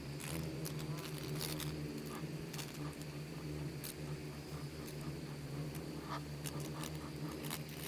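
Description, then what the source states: Insects swarming in a continuous low, humming drone, overlaid by frequent sharp clicks and pattering taps throughout. Bugs and beetles swarming in the Namib desert, one of the micro-sounds of its soundscape.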